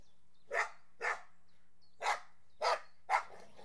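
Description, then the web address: Dog barking, five sharp, loud barks at uneven intervals. "The BBC Sound Effects Library - Complete 60 CDs Collection Sound Effects Library-38 (Horses # 2 and Dogs)"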